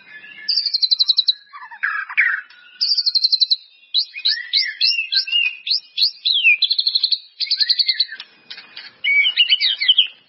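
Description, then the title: White-rumped Shama song: a long, varied sequence of rapid trills, looping whistles and chattering phrases, almost continuous for about ten seconds. "murai batu"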